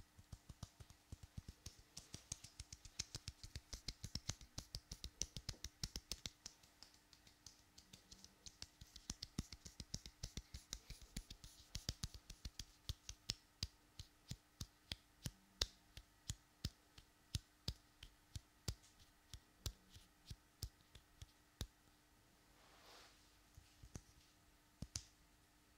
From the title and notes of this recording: ASMR Hands Sounds Movements Long Nails.